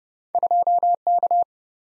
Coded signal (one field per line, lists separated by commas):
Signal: Morse code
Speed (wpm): 29 wpm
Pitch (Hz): 700 Hz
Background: none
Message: 2K